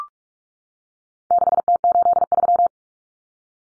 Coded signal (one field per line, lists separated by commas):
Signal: Morse code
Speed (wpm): 44 wpm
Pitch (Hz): 700 Hz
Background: none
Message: 6T83